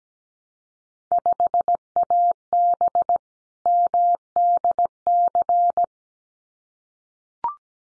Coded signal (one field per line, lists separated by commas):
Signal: Morse code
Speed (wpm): 17 wpm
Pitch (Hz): 700 Hz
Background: none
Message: 5AB MDC